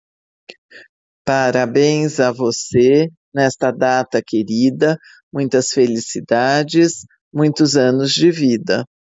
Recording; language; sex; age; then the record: short text; Brazilian Portuguese; female; 50 to 59 years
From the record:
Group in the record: control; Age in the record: 56 years